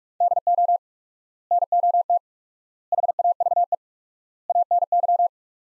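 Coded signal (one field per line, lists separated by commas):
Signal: Morse code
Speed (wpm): 45 wpm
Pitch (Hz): 700 Hz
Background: none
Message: DO NOT HAVE ANY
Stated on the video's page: Morse practice at 45 wpm sending sets of four words with 4x word spacing, a Farnsworth-like method.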